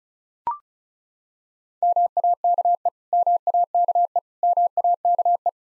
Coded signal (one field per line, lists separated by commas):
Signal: Morse code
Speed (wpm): 36 wpm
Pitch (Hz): 700 Hz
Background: none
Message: MAKE MAKE MAKE